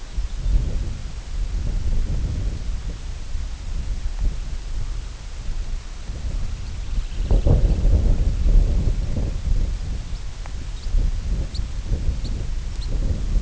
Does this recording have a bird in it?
yes